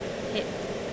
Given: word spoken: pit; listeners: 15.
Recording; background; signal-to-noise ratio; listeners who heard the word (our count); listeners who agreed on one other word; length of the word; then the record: one English word in noise, from a listening test; speech-shaped noise; -4.2 dB; 1 of 15; 6 of 15; 0.53 s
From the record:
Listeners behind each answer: 6, 5, 2, 1, 1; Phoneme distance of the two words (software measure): 10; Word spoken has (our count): 1 syllable, 3 phonemes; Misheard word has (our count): 1 syllable, 3 phonemes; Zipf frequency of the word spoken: 4.20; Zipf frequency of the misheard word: 5.31